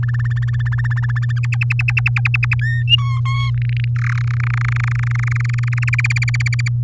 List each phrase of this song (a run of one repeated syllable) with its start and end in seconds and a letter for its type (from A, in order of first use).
0.03-1.39 A, 1.43-2.54 B, 2.61-2.83 C, 2.88-3.20 D, 3.25-3.50 E, 3.54-3.88 F, 3.96-4.22 G, 4.24-5.90 H, 5.93-6.68 I